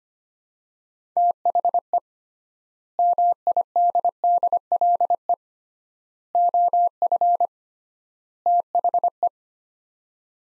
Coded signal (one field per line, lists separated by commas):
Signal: Morse code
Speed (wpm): 25 wpm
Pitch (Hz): 700 Hz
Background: none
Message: THE MIDDLE OF THE